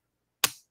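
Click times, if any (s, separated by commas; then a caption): 0.4 s. A stylus snaps magnetically onto the side of a Windows tablet, its strong magnet slightly stronger than the stock pen's magnet. A single sharp, bright click lands at 0.4 s and fades out within about 0.2 s, with silence before and after. The stylus is seated in place.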